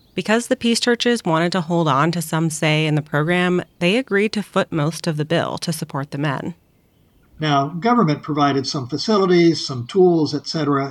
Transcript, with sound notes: Because the peace churches wanted to hold on to some say in the program, they agreed to foot most of the bill to support the men. [birdsong fades out]
Now, government provided some facilities, some tools, etc.